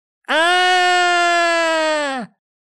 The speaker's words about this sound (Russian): Крик шлюхи раздался во все ее глубокое горло.